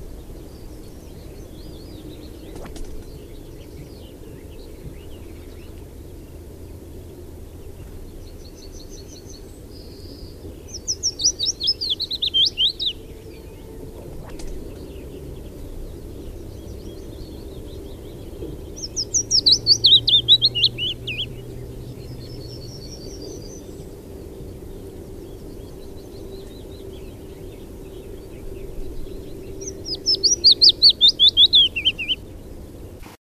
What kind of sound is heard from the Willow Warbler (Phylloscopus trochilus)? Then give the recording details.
song. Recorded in the wild. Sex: male. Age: adult. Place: Hallstadt, Bayern, DE. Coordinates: 49.9314, 10.8503. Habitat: willow thicket. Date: 1963-06-30. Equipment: Vollspur, Original. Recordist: Tretzel, Erwin